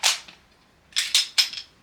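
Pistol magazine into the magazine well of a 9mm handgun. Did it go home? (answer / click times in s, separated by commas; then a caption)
yes / 1.1 s. After reassembly and a function check, a pistol magazine is pushed into the magazine well in the grip of an Arex Delta L Gen 2 Optics Ready 9mm handgun. A bright metallic clack opens the clip, then after a pause a quick cluster of sharp clicks follows, with the magazine locking in place at 1.2 s, and one more click trails at about 1.4 s. The magazine is seated.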